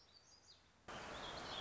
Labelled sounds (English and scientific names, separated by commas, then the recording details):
Black-throated Gray Warbler (Setophaga nigrescens)
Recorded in Sonoma County, California